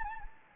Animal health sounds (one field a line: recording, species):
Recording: mosquito wingbeat signal from an infrared sensor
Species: Anopheles gambiae